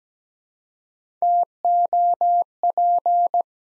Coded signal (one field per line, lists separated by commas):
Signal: Morse code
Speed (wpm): 17 wpm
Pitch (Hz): 700 Hz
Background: none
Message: TOP